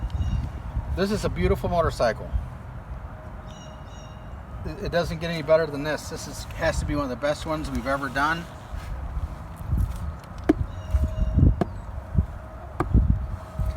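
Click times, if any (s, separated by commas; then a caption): 10.5 s, 11.6 s, 12.8 s. Someone talks about a restored 1978 KZ1000A motorcycle in Celina Blue as an unnamed part is put back on it. Three sharp snaps follow at 10.5, 11.6 and 12.8 seconds, with a fainter tick at 11.5 seconds. The part snaps on three times and is seated.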